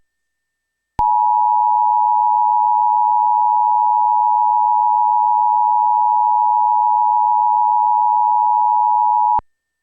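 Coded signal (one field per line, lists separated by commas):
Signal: Emergency Alert System (SAME) tones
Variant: 853 and 960 Hz attention tone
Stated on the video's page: Virginia Child Abduction Emergency (AMBER Alert) EAS activation.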